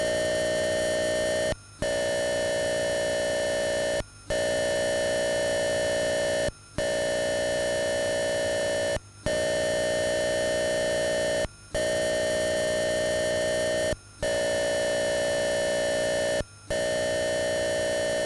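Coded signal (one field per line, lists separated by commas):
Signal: computer data on cassette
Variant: Atari 8-bit cassette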